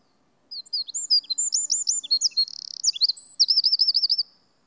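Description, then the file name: Eurasian wren song, an explosive string of high twittering notes with a buzzy middle section and a bubbling trill at the end. "Troglodytes troglodytes"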